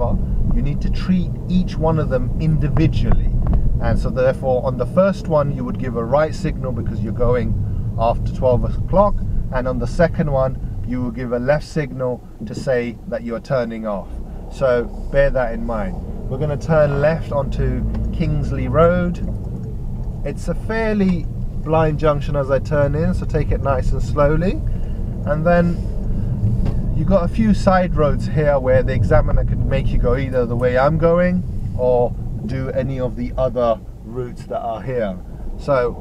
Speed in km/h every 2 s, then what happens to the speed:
23, 21, 16, 16, 8, 0, 5, 11, 15, 15, 15, 16, 21, 19, 18, 8, 3, 11.
0-10 slows to 0. 10-15 pulls away to 15. 15-21 steady at about 15. 21-24 speeds up to 21. 24-31 slows to 3. 33-36 speeds up to 11.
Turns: 19-23.